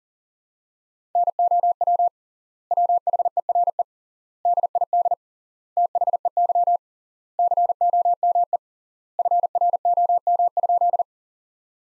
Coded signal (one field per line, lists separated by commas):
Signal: Morse code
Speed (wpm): 37 wpm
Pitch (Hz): 700 Hz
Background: none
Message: NOW WHERE DID THEY COME FROM?